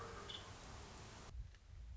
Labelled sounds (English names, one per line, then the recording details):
Nuttall's Woodpecker
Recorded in Sonoma County, California